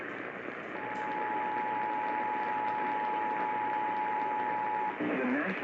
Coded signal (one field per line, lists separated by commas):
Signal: Emergency Alert System (SAME) tones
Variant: 853 and 960 Hz attention tone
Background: speech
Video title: Some more WWL... things (o yea and a dog is there) | EAS #58-60 (Flash Flood Warnings from 2/8/2023)